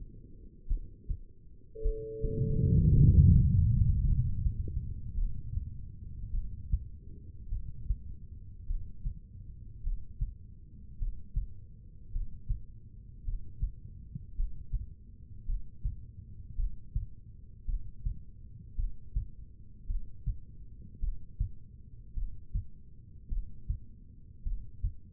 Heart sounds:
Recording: heart sounds by stethoscope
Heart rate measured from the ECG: 53 bpm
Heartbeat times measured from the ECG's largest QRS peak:
0.67 s: heartbeat
1.81 s: heartbeat
2.94 s: heartbeat
4.02 s: heartbeat
5.14 s: heartbeat
6.31 s: heartbeat
7.48 s: heartbeat
8.66 s: heartbeat
9.82 s: heartbeat
10.97 s: heartbeat
12.10 s: heartbeat
13.23 s: heartbeat
14.34 s: heartbeat
15.44 s: heartbeat
16.54 s: heartbeat
17.64 s: heartbeat
18.74 s: heartbeat
19.85 s: heartbeat
20.99 s: heartbeat
22.13 s: heartbeat
23.28 s: heartbeat
24.42 s: heartbeat
From the record:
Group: heart failure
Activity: rest 0-2 s, breath hold 2-25 s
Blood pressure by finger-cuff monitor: 77/58 mmHg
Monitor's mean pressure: 66 mmHg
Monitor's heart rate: 53 bpm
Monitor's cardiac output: 2.2 L/min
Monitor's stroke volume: 42 mL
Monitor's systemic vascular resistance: 1930 dyn s/cm5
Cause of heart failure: non-ischemic cardiomyopathy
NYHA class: 1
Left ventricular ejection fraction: 52%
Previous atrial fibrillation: present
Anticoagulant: apixaban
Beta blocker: bisoprolol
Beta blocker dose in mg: 10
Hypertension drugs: sacubitril-valsartan, spironolactone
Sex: female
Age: 68 years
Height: 169 cm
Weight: 71 kg

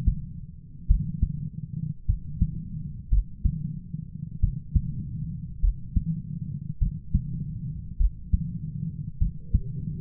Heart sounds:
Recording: heart sounds by stethoscope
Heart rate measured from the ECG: 51 bpm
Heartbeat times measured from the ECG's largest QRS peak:
0.86 s: heartbeat
2.05 s: heartbeat
3.08 s: heartbeat
4.39 s: heartbeat
5.59 s: heartbeat
6.77 s: heartbeat
7.96 s: heartbeat
9.17 s: heartbeat
From the record:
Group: heart failure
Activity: rest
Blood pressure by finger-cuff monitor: 70/38 mmHg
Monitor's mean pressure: 48 mmHg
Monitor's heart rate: 50 bpm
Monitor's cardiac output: 4.3 L/min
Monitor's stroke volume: 84 mL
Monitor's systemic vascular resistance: 760 dyn s/cm5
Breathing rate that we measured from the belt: 24 breaths a minute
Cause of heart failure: dilated cardiomyopathy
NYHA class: 3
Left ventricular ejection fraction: 27%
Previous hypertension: present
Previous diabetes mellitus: present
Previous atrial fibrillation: present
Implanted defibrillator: present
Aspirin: present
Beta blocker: bisoprolol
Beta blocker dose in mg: 1.25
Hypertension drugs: sacubitril-valsartan, spironolactone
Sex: female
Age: 39 years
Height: 170 cm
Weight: 64 kg

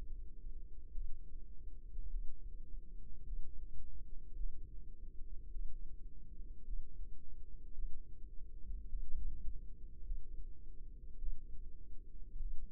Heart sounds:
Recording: heart sounds by microphone in the left ear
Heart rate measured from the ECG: 52 bpm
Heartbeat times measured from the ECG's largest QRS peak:
0.92 s: heartbeat
2.09 s: heartbeat
3.24 s: heartbeat
4.35 s: heartbeat
5.50 s: heartbeat
6.64 s: heartbeat
7.73 s: heartbeat
8.88 s: heartbeat
10.03 s: heartbeat
11.17 s: heartbeat
12.39 s: heartbeat
From the record:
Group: healthy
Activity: rest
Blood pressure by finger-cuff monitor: 103/62 mmHg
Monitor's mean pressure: 75 mmHg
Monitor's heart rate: 52 bpm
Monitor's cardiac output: 4.9 L/min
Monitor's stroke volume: 94 mL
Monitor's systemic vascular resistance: 1120 dyn s/cm5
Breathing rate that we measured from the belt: 18 breaths a minute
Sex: female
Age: 28 years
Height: 170 cm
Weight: 77 kg

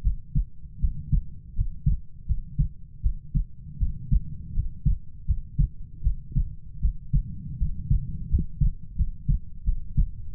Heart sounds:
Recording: heart sounds by stethoscope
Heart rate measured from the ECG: 81 bpm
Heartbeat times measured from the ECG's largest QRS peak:
0.02 s: heartbeat
0.79 s: heartbeat
1.54 s: heartbeat
2.26 s: heartbeat
3.01 s: heartbeat
3.77 s: heartbeat
4.53 s: heartbeat
5.25 s: heartbeat
6.02 s: heartbeat
6.80 s: heartbeat
7.57 s: heartbeat
8.28 s: heartbeat
8.95 s: heartbeat
9.64 s: heartbeat
10.33 s: heartbeat
From the record:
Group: healthy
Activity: rest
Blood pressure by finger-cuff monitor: 91/52 mmHg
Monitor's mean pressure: 65 mmHg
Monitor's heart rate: 78 bpm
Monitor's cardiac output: 7.4 L/min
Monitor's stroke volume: 92 mL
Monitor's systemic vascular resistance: 610 dyn s/cm5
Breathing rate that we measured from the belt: 19 breaths a minute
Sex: female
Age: 19 years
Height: 163 cm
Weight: 48.9 kg

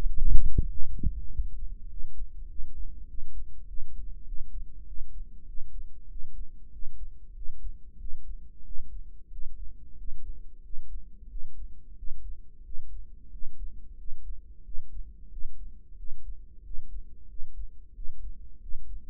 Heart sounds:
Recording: heart sounds by microphone in the right ear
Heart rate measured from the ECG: 94 bpm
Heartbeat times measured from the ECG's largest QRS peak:
0.08 s: heartbeat
0.70 s: heartbeat
1.31 s: heartbeat
1.90 s: heartbeat
2.50 s: heartbeat
3.09 s: heartbeat
3.68 s: heartbeat
4.27 s: heartbeat
4.87 s: heartbeat
5.48 s: heartbeat
6.10 s: heartbeat
6.73 s: heartbeat
7.36 s: heartbeat
8.00 s: heartbeat
8.66 s: heartbeat
9.32 s: heartbeat
9.98 s: heartbeat
10.64 s: heartbeat
11.30 s: heartbeat
11.98 s: heartbeat
12.65 s: heartbeat
13.32 s: heartbeat
13.98 s: heartbeat
14.65 s: heartbeat
15.31 s: heartbeat
15.98 s: heartbeat
16.64 s: heartbeat
17.29 s: heartbeat
17.95 s: heartbeat
18.61 s: heartbeat
From the record:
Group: healthy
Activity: rest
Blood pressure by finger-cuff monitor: 158/98 mmHg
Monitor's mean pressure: 115 mmHg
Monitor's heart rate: 92 bpm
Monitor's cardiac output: 7.2 L/min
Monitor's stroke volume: 77 mL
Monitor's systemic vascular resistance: 1190 dyn s/cm5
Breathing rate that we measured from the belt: 17 breaths a minute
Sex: male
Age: 21 years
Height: 175 cm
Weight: 72.6 kg

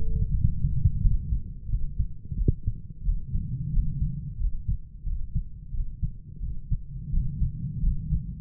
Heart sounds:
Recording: heart sounds by stethoscope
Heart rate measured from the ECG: 88 bpm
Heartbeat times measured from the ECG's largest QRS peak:
0.34 s: heartbeat
1.03 s: heartbeat
1.71 s: heartbeat
2.38 s: heartbeat
3.06 s: heartbeat
3.74 s: heartbeat
4.41 s: heartbeat
5.07 s: heartbeat
5.74 s: heartbeat
6.43 s: heartbeat
7.13 s: heartbeat
7.84 s: heartbeat
From the record:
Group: healthy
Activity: cold pressor test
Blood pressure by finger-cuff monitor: 144/83 mmHg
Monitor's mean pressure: 97 mmHg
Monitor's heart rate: 88 bpm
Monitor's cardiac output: 9.9 L/min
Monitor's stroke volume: 112 mL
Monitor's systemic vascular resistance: 730 dyn s/cm5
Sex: male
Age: 30 years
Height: 188 cm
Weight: 110.2 kg

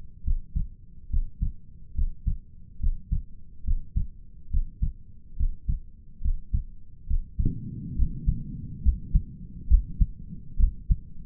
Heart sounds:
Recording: heart sounds by stethoscope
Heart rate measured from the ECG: 70 bpm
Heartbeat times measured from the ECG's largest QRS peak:
0.24 s: heartbeat
1.10 s: heartbeat
1.95 s: heartbeat
2.80 s: heartbeat
3.65 s: heartbeat
4.51 s: heartbeat
5.37 s: heartbeat
6.22 s: heartbeat
7.07 s: heartbeat
7.96 s: heartbeat
8.83 s: heartbeat
9.69 s: heartbeat
10.59 s: heartbeat
From the record:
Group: healthy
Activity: breath hold 0-10 s, rest 10-11 s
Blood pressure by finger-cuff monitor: 96/68 mmHg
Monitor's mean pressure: 75 mmHg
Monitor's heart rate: 70 bpm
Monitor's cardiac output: 5.5 L/min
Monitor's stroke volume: 78 mL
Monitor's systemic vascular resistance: 990 dyn s/cm5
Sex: male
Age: 22 years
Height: 181 cm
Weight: 79 kg

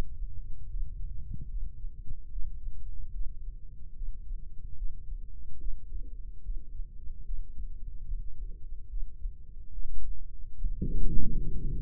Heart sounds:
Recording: heart sounds by microphone in the right ear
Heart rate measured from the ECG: 73 bpm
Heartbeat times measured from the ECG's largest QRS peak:
0.68 s: heartbeat
1.48 s: heartbeat
2.30 s: heartbeat
3.12 s: heartbeat
3.94 s: heartbeat
4.76 s: heartbeat
5.59 s: heartbeat
6.42 s: heartbeat
7.24 s: heartbeat
8.05 s: heartbeat
8.88 s: heartbeat
9.71 s: heartbeat
10.54 s: heartbeat
11.36 s: heartbeat
From the record:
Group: healthy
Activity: breath hold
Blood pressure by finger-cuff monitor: 101/59 mmHg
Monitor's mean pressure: 76 mmHg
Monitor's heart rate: 73 bpm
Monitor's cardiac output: 6.8 L/min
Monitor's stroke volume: 92 mL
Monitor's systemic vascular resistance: 800 dyn s/cm5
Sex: female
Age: 22 years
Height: 161 cm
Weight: 65.5 kg

